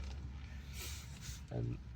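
A front brake pad wear sensor for a 2009–2012 BMW 323i is handled and lined up with its slot in the brake pad while someone talks over a low steady hum. The sensor has not seated or clicked into the pad yet.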